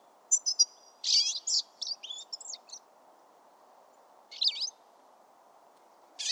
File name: Carduelis carduelis